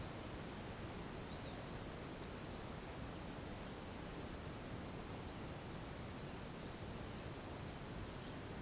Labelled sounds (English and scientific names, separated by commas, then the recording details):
none
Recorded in pastures near Puerto Asís, Putumayo, Colombia, on 13 March 2025 at 09:00
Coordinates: 0.486, -76.323
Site G075